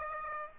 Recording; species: mosquito wingbeat signal from an infrared sensor; Aedes aegypti